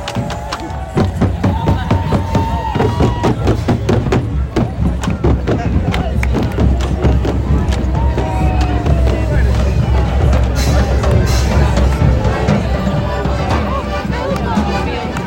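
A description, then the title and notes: A Jack in the Green procession: a dense crowd chatters steadily while sharp percussive hits, probably drums, and occasional shouts ring throughout. Jack in the Green procession, Hastings, UK.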